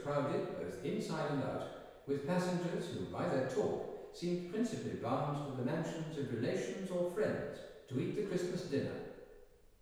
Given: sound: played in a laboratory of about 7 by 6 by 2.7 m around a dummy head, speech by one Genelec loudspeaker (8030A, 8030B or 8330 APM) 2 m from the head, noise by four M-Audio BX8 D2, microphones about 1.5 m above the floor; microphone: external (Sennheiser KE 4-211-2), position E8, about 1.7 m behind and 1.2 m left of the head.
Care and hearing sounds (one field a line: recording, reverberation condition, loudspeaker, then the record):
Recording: male speech in English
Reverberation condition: high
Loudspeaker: 30 degrees to the right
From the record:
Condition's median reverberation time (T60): about 1300 ms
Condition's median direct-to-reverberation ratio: about -4.0 dB